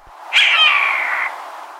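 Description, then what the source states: Steller's jay giving a hawk-like scream, one harsh, drawn-out slurred cry lasting about a second. Steller's jay mimicking the call of a red-tailed hawk.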